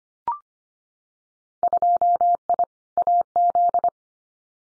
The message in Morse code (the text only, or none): 2I AZ